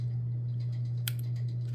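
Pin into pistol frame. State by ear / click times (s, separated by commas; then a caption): seated / 1.1 s. A pin, recessed on both ends so it fits either way round, is pushed back into a P365XL pistol frame and seats with a sharp click at 1.1 s, followed by a fainter tick at 1.2 s. A steady low hum runs underneath throughout. The pin is fully seated.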